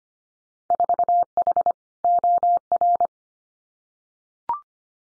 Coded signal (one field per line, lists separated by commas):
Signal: Morse code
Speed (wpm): 25 wpm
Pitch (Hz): 700 Hz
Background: none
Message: 4H OR